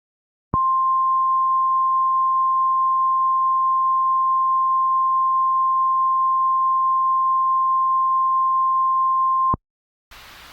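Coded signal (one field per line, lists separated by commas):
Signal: Emergency Alert System (SAME) tones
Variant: 1050 Hz attention tone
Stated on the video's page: Fictional volcanic disaster EAS scenario, not a real alert.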